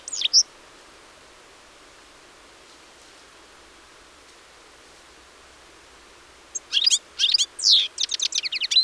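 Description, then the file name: European Goldfinch giving a short call, then a pause of several seconds before a quick burst of bright, tinkling twittered notes near the end. "Carduelis carduelis"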